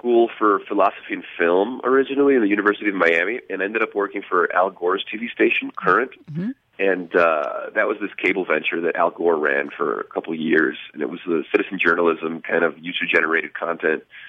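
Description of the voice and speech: Fluent, clear conversational speech from a low-pitched adult man, with a brief listener 'mm-hmm'; ordinary speech.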